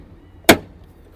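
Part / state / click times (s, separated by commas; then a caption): headlight assembly locking into car body / seated / 0.5 s. On a 2009 Porsche Cayman (987.2) having its headlight bulb changed to an Auxito LED, the headlight unit sits in the car body while a special tool is turned counterclockwise. The locking mechanism gives one loud, sharp, broadband snap at 0.5 s over a quiet background. The headlight assembly is locked in position.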